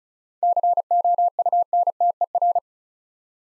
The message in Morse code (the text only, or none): COUNTER